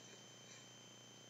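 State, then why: Not seated. An airsoft suppressor is handled onto the barrel of an A&K SR-25 airsoft rifle, with the plunger on top, ready to be pushed down to lock it into place. Only a steady hiss with faint tonal hum is heard over the 1.4 seconds, with no sharp snap. Nothing has seated or clicked yet.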